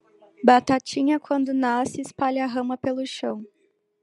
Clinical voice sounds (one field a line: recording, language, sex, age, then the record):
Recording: short text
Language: Brazilian Portuguese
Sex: female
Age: 20 to 29 years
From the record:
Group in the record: control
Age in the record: 22 years